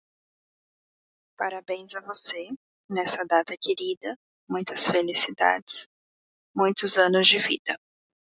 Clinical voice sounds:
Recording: short text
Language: Brazilian Portuguese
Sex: female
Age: 20 to 29 years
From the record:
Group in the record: control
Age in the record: 23 years

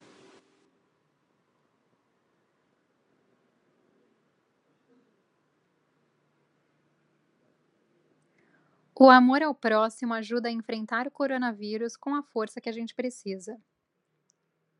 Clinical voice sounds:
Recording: spoken sentence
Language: Brazilian Portuguese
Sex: female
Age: 30 to 39 years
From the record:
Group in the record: control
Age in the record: 33 years

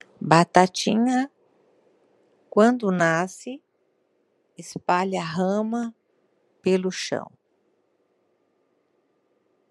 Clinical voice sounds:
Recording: short text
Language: Brazilian Portuguese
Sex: female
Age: 60 to 69 years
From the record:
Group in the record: control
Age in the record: 66 years

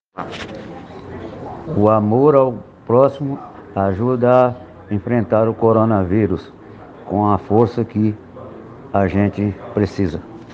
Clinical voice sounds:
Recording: spoken sentence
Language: Brazilian Portuguese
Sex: male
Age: 50 to 59 years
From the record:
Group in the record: respiratory insufficiency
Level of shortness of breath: 5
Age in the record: 56 years

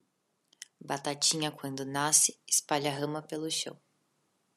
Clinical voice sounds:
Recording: short text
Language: Brazilian Portuguese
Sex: female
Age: 20 to 29 years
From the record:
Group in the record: control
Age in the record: 20 years

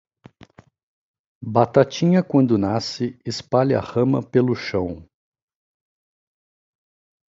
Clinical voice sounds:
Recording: short text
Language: Brazilian Portuguese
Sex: male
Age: 40 to 49 years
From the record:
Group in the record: control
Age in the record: 43 years

